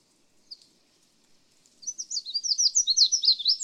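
Red-faced Warbler delivering a bright, rapid series of high slurred notes that builds quickly in loudness and runs for about two seconds after a single soft note.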